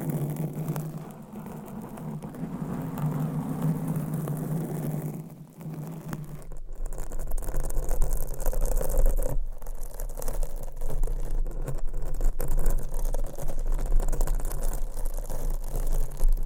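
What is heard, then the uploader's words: Scratching with nails on a microphone cover, a dense, continuous rasp with grainy friction. Low hum runs underneath throughout. Around six seconds the sound drops briefly and shifts, then returns rougher and more rattly, with scattered sharp scrapes through the end. ASMR Mic Scratching Brain Scratching with 30 DIFFERENT MICS Covers & Nails No Talking.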